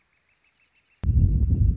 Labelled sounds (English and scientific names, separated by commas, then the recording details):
Northern Flicker (Colaptes auratus)
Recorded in Sonoma County, California